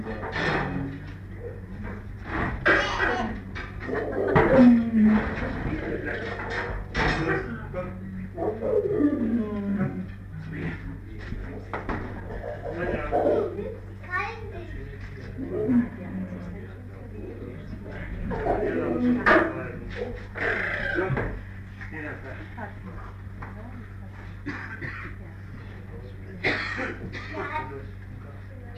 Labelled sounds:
Lion call

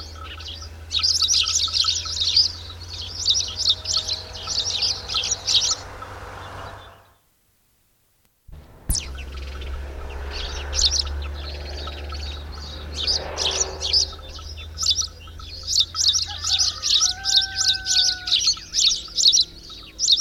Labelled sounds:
Spanish Sparrow song

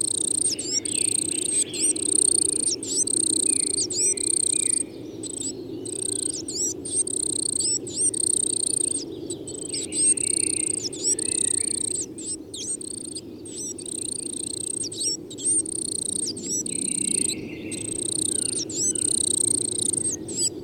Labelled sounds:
Coal Tit song

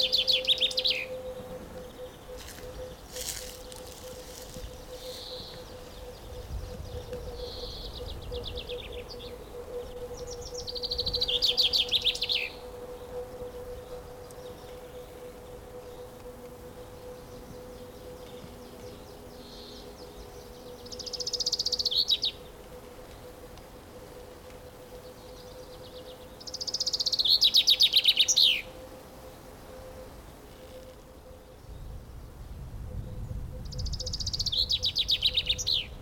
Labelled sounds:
Common Chaffinch

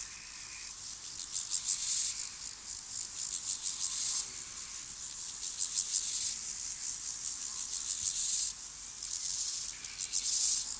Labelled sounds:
Steppe Grasshopper stridulation

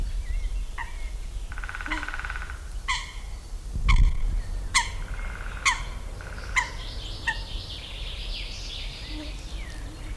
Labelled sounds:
Common Chaffinch

